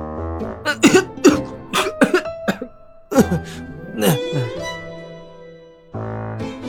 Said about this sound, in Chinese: 像是被呛住了，咳嗽了好几声